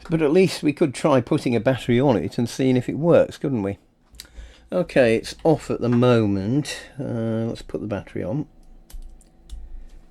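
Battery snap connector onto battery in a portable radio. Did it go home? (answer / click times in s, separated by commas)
no / none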